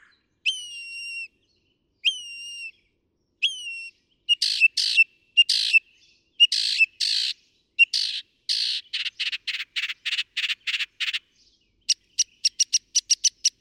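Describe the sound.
Northern mockingbird song: three slurred whistled notes with upward flicks, then harsh doubled chips, a rapid stuttering series, and a fast run of sharp high ticks.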